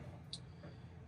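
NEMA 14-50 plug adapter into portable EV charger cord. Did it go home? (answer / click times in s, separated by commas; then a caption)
yes / 0.3 s. A NEMA 14-50 plug adapter is pushed onto a portable EV charger cord in place of the 5-15 plug adapter that was just pulled off. A single sharp, bright click at 0.3 s stands out over a steady low hum as the adapter pops into place and seats.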